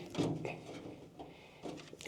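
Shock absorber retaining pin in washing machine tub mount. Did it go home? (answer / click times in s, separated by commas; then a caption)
released / 2.0 s. On a Hoover/Candy washing machine being taken apart, the plastic retaining pin of a shock absorber in the tub mount is levered toward the person while its locking tab is pressed down so the pin can be pushed back out. Low scraping and handling noises run through the clip, with a sharp click at 2.0 s as the tab releases and the pin comes free.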